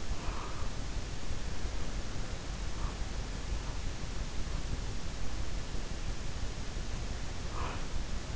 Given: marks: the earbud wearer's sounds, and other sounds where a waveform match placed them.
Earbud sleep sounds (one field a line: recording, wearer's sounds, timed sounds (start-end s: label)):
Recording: sounds in sleep by an in-ear microphone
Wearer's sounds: breath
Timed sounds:
0.00-0.66 s: breath
7.29-8.18 s: breath